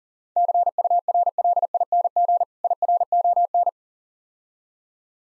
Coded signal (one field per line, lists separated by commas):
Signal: Morse code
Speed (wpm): 37 wpm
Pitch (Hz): 700 Hz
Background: none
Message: CURLING IRON